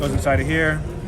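A man talks as a card block is handled at a card carrying bag with a magnetic closure flap, about to go inside. The clip ends before anything happens: the block has not seated and the magnetic closure has not snapped shut yet, with no click heard.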